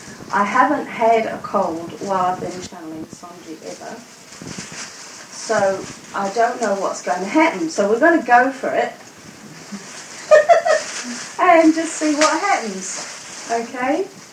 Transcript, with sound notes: I haven't had a cold while I have been channelling Songee ever, so I don't know what is going to happen. So we are going to go for it, (laughter) and just see what happens. OK.